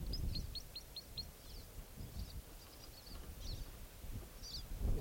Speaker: Definitely Crossbill's song coming from the roadside.